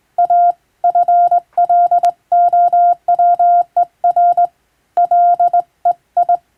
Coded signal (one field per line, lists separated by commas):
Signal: Morse code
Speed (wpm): 20 wpm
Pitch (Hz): 700 Hz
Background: none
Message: A FLOWER LEI